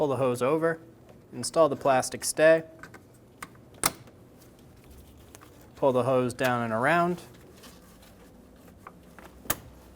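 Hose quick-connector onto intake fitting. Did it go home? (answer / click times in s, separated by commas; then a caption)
yes / 9.5 s. Someone talks while a plastic hose quick-connector is worked onto the intake fitting of a 2000-2007 Ford Focus during knock sensor replacement, with scattered light taps around 3.4–3.9 s, 5.4 s and 8.9–9.2 s. The connector is pushed on and gives a sharp click at 9.5 s, seating the hose coupling.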